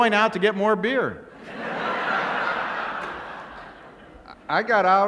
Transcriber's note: soundbite of laughter